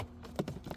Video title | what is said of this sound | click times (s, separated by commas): Be sure to change your filters at recommended intervals! VW Atlas air filter and in cabin DIY Amazon | You hear three stuck tabs, right? Pop. | 0.2 s, 0.4 s, 0.5 s, 0.7 s